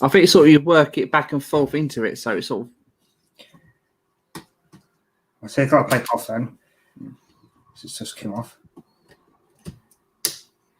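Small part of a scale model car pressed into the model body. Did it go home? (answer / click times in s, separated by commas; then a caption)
yes / 10.2 s. A small part of a scale model E-type Jaguar is worked back and forth into the model body while someone talks. After a few faint handling taps, it snaps home with a sharp, loud click at 10.2 s and is seated in place.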